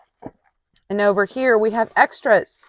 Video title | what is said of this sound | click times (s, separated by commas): Pruning My White Peach Tree with a Mini Chainsaw! 🌳 | And it just snaps right into place. | 0.8 s